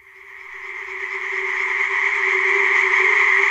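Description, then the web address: Tree frog chorus swelling steadily louder into a thick, unbroken buzzing mass of calls. Chorus of tree frogs in a primeval forest. "Przyroda Tajemnice puszczy Koncert rzekotek"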